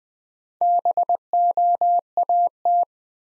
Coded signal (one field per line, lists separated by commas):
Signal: Morse code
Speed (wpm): 20 wpm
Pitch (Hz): 700 Hz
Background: none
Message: BOAT